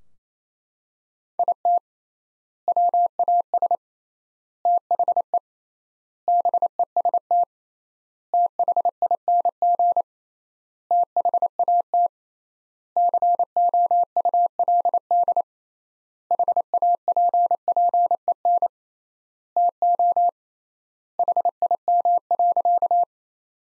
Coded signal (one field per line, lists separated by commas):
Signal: Morse code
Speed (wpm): 28 wpm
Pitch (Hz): 700 Hz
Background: none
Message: IT WAS THE BEST THING THAT COULD HAPPEN TO HIM.